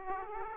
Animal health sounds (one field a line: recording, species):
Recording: mosquito wingbeat signal from an infrared sensor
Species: Aedes aegypti